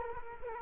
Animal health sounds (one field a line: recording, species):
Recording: mosquito wingbeat signal from an infrared sensor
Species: Culex quinquefasciatus